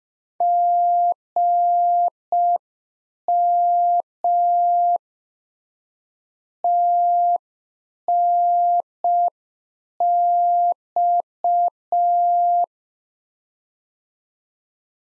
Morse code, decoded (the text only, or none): GM TNX